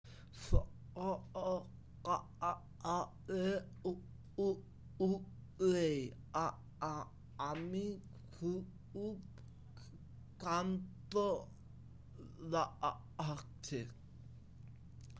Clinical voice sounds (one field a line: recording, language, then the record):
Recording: elicited speech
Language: Bengali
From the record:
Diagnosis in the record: Broca's or global aphasia after a stroke